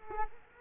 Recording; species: mosquito wingbeat signal from an infrared sensor; Culex quinquefasciatus